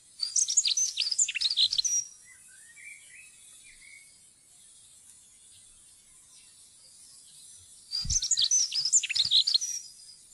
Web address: fuglelyder jernspurv